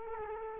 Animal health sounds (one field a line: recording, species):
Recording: mosquito wingbeat signal from an infrared sensor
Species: Culex quinquefasciatus